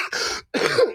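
Two short, raspy bursts of throat clearing from an adult man, separated by a brief silent gap, lasting under a second.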